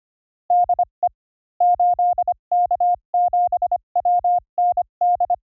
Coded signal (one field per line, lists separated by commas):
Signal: Morse code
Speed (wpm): 25 wpm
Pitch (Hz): 710 Hz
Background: none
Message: DE 8K7WND